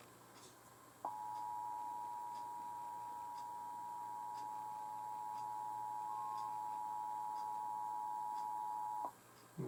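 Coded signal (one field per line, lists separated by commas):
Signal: Emergency Alert System (SAME) tones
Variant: 853 and 960 Hz attention tone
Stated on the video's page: National Periodic Test of the Emergency Alert System, captured from broadcast TV, DirecTV satellite TV and an FM radio station.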